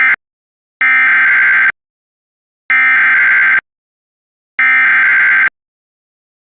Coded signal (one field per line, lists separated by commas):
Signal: Emergency Alert System (SAME) tones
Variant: header bursts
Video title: HIATUS CHAOS II:FIRES TESTS & STORMS( EAS Alerts from 6/19-7/16/25) EAS #656-687